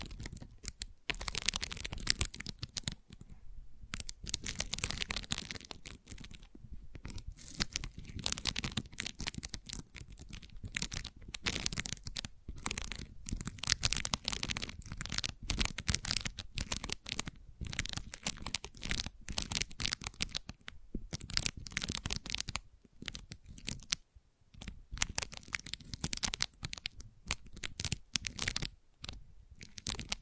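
Gentle scratching runs in dense, rapid bursts of dry, papery strokes, briefly pausing around four, twenty-one and twenty-four seconds before resuming.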